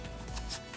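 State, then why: Not seated. A flight battery is handled at the battery bay of a Holy Stone HS360 4K drone body with a 2-axis gimbal and GPS, making soft rustling and light scraping sounds with brief brighter scrapes around 0.4 and 0.5 seconds. Nothing has seated or clicked yet; the battery is not yet home.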